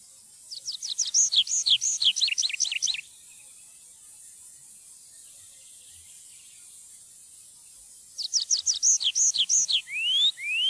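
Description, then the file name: Tree pipit singing two fast phrases of repeated high, falling notes several seconds apart, the second ending in two long rising whistles. "trepipelerke"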